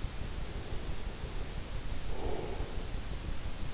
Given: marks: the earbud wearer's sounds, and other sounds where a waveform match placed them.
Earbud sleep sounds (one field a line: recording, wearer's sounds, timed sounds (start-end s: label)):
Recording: sounds in sleep by an in-ear microphone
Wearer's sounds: breath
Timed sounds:
0.04-3.64 s: breath